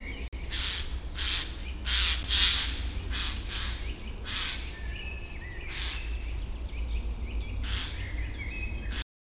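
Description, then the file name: Eurasian jay harsh screeching calls: rasping, noisy shrieks repeated roughly once a second at first, then more sparsely, with some shorter squawks later, over a steady low rumble. "Garrulus glandarius"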